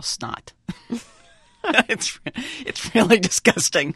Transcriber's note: soundbite of laughter